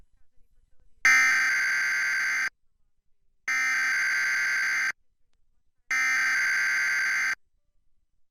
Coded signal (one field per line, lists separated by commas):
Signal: Emergency Alert System (SAME) tones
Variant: header bursts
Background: speech